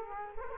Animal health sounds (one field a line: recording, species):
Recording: mosquito wingbeat signal from an infrared sensor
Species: Culex quinquefasciatus